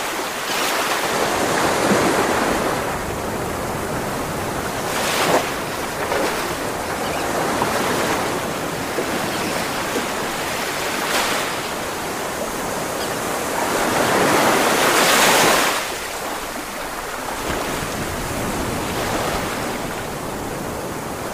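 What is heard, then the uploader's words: Roaring ocean waves make a dense, continuous wash of noise, with surges building and falling every few seconds. The loudest swell crests around fifteen seconds, and brief bright splashes break through near five and eleven seconds over a low, steady rumble. ASMR Ocean Sounds. Hear the roaring waves.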